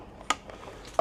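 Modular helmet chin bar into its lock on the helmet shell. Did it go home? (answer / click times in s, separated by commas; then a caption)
yes / 0.3 s, 1.0 s. The flip-up chin bar of an Italian-made Caberg Duke II modular motorcycle helmet, after being swung to the back, is brought back down into its lock on the helmet shell. Sharp mechanical clicks land at 0.3 s and 1.0 s over a quiet background with a few faint ticks. The chin bar locks down, seated.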